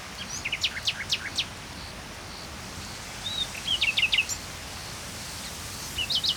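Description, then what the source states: Common nightingale song in short bursts of rapid sharp notes and a brief clear whistle, separated by pauses, over steady background hiss. Recorded at Saint-Chamas, Provence-Alpes-Côte d'Azur, France, just before nightfall, with other birds present; trill phrases; recorded with a MixPre 3 II recorder.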